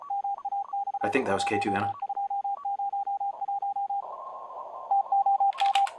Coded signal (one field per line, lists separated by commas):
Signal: Morse code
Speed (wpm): 35 wpm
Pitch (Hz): 800 Hz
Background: speech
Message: MAX 1201 TOM